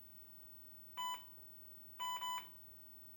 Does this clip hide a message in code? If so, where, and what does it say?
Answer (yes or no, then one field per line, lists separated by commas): no